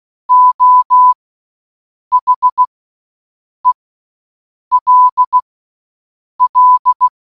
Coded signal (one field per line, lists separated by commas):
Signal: Morse code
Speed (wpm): 16 wpm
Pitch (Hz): 1000 Hz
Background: none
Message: O H E L L